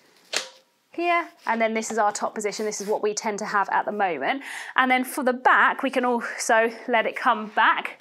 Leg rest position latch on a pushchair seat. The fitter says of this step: let the leg rest come down so this is going to be our lowest position we can lift up until it clicks